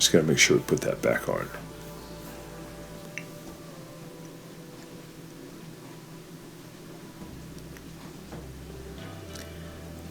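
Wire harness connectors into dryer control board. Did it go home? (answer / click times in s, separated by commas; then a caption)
yes / 3.2 s, 7.8 s, 9.4 s. Plastic wire harness connectors are pushed one at a time onto the control board of a Samsung dryer and click into place, each pushed until fully seated. Someone talks at the start, then sharp clicks come at 3.2, 7.8 and 9.4 seconds over a low steady hum. The connectors are fully seated on the board.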